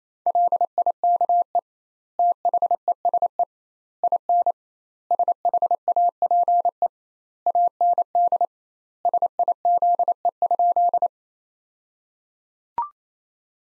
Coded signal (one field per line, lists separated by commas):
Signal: Morse code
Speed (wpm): 27 wpm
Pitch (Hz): 700 Hz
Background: none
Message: LIKE THESE IN SHAPE AND SIZE?